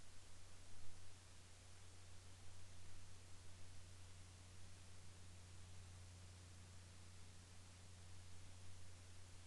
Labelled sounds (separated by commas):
man-made sound